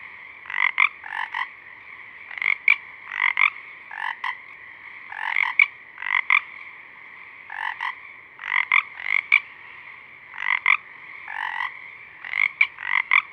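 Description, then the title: Pacific chorus frogs calling, paired creaky ribbets repeated every second or two against a steady background chorus. Several small frogs singing at dusk, recorded through a parabolic reflector; also recorded simultaneously by a mid-side rig 50 feet away. "Pacific Chorus Frogs (Pseudacris regilla), dusk"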